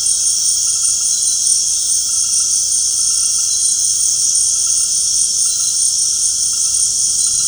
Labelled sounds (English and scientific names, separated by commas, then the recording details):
none
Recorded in secondary vegetation near Puerto Asís, Putumayo, Colombia, on 20 February 2024 at 19:00
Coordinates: 0.489, -76.322
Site G6419